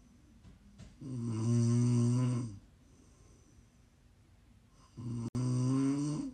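Two long, low, buzzing snores from a sleeping adult, with a quiet pause between.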